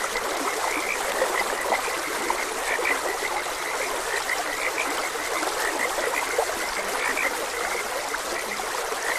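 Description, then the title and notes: Steady chorus of frogs, short croaking notes overlapping continuously, with the even hiss of a flowing stream beneath them. Frogs croaking beside a gentle stream. "Gentle Stream and Frogs Croaking. Sleep and Relaxation Podcast"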